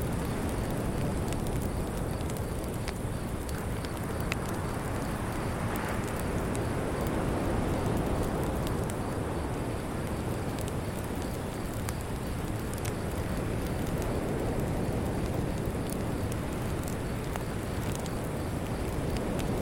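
A beach campfire burns with a steady, dense low rush, like wind or surf, underneath. Sharp crackles and pops break through every second or two. A thin, constant high buzz of cicadas holds level across the whole clip.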